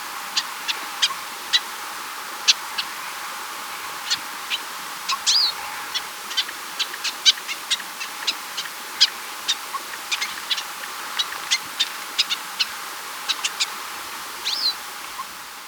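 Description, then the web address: Andean siskin song, irregular high sharp chips spread throughout with two short slurred whistled notes mixed in, over a steady faint hiss. Recorded in Ecuador. "Birds of Ecuador. Andean Siskin"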